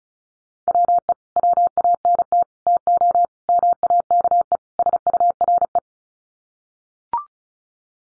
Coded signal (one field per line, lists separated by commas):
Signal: Morse code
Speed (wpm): 34 wpm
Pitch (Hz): 700 Hz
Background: none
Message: WE WANT TO MAKE SURE